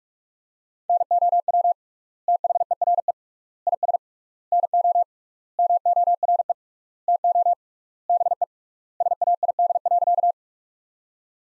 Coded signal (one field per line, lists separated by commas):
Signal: Morse code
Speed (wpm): 42 wpm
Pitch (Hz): 700 Hz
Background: none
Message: NOW THERE IS NO MORE TO BE SAID.